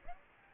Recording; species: mosquito wingbeat signal from an infrared sensor; Aedes aegypti